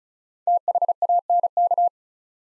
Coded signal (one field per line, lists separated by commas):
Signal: Morse code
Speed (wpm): 36 wpm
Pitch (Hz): 700 Hz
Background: none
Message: THANK